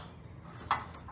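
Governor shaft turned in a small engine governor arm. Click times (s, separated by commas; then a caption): 0.7 s. A governor shaft in a Briggs and Stratton small engine governor arm is turned clockwise to full throttle until it clicks at its stop, seating at 0.7 s with a sharp click over a low background hum. A fainter tick follows at 1.1 s, and the shaft is then held in place before the clamp nut is tightened.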